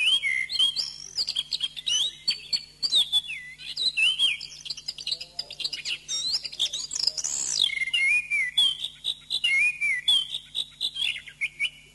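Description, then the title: Oriental magpie-robin in full song, a dense, lively string of varied whistles, trills and chirps, with a run of repeated whistled notes toward the end. "Kicau Kacer"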